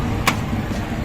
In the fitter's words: இப்போ இந்த click sound வந்து கரெக்டா அந்த பொசிஷனுக்கு வந்துட்டு.